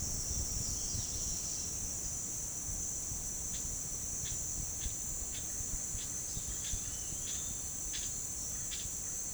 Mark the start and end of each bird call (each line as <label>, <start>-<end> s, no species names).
bird call, 3.48-9.33 s